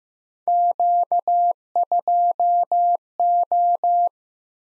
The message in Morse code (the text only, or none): Q2O